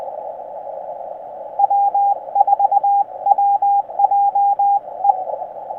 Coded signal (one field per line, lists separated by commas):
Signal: Morse code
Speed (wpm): 20 wpm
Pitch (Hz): 800 Hz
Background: radio noise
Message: W4WJE